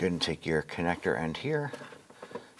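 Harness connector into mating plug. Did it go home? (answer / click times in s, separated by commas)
no / none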